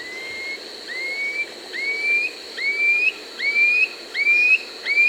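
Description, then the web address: Gray antwren giving a series of thin whistled notes, each rising slightly, repeated about every 0.8 seconds over a quiet background hiss. Peru, Amazon region. "Birds of the Amazon 2. Gray Antwren (Myrmotherula menetriesii), Peru"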